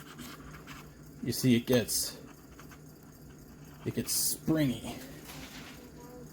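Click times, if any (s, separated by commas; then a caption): none. A 3D-printed connector housing, made from the spec model, is pushed onto its mating connector while someone talks. Its plastic clip gets thick and springy and will not latch, so nothing has clicked or seated, and only faint scraping and handling noises are heard around the voice.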